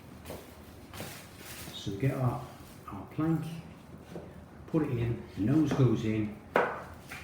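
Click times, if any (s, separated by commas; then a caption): 6.6 s. A laminate floor plank has its tongue (nose) tipped into the groove of the adjacent plank in the previous row, then is pressed down so the click-lock joint engages. Someone talks throughout, and one sharp wooden knock at 6.6 s marks the plank locking into place.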